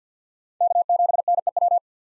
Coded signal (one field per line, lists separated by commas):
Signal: Morse code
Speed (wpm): 50 wpm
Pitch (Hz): 700 Hz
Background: none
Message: K7NEW